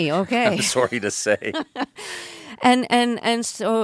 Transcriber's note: laughter